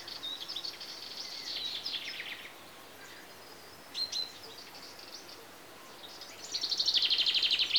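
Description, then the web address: Common chaffinch song fading at the start, a few sharp chirps in the middle, then a loud new trill of rapid repeated notes begins near the end. Several chaffinches recorded in Greece together with insects. "BBC Sound Effects Library Greece Birds (Chaffinches) And Insects"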